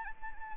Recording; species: mosquito wingbeat signal from an infrared sensor; Anopheles arabiensis